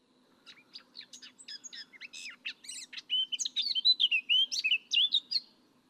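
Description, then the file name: Eurasian blackcap singing: a quick scratchy warble that swells into loud, clear fluted notes rising and falling in its final seconds, with a faint low hum underneath. "Sylvia atricapilla"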